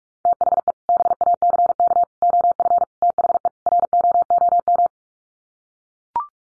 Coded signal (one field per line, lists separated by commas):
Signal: Morse code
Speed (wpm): 44 wpm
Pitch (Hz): 700 Hz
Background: none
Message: THE BACK OF THE ROOM